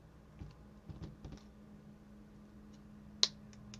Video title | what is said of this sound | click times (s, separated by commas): Tip of the Week # 18 " Re - Purposing a Lure found out Fishing " Breathing new life in a Jerk Bait | the same thing I heard the snap | 3.2 s